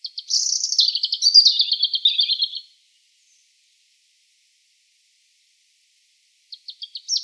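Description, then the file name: European robin song with one long sweet phrase of quick, tumbling, high-pitched notes falling slightly in pitch, then silence until a few short high notes begin again near the end. "Erithacus rubecula"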